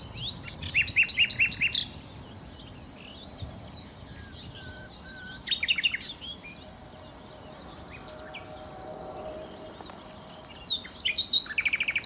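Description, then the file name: Common nightingale song in three bursts of rapid, repeated ringing notes with harmonics, separated by pauses. "Nachtigall"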